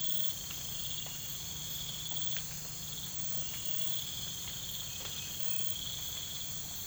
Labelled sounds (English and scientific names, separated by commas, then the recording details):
none
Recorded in pastures near Puerto Asís, Putumayo, Colombia, on 20 December 2024 at 02:30
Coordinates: 0.472, -76.329
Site G072